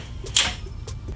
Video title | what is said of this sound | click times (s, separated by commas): How to Set up Your Rockville ROCK CART OFF-ROAD DJ Equipment Pro Transport Rolling Car Huge Wheels! | and you're going to want to pull it out all the way until you hear this clicking sound | 0.4 s